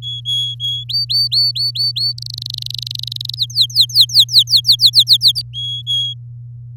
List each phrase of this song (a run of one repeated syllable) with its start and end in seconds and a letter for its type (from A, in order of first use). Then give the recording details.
0.02-0.84 A, 0.89-2.13 B, 2.18-3.35 C, 3.37-5.42 D, 5.53-6.14 A. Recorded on 8 May 2018 at 06:11. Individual llb16